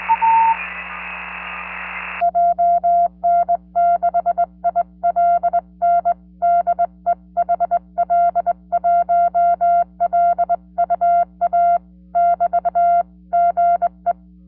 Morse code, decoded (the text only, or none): JN6ILN DE HL1LUA <BT> GE